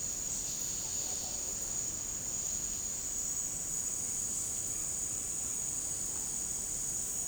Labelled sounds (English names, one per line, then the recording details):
none
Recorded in dense forest near Puerto Asís, Putumayo, Colombia, on 20 February 2024 at 17:00
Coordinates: 0.503, -76.322
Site G6418